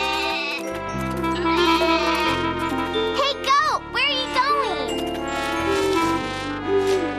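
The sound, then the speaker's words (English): A goat that is trying to eat tulips bleats in wavering, rising and falling cries while a small bell jingles and tinkles steadily underneath, all over a continuous tonal backdrop. “the goat might be hungry. You should let it eat something.”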